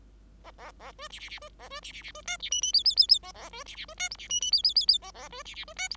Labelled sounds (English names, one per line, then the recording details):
Bengalese Finch song
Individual Bird5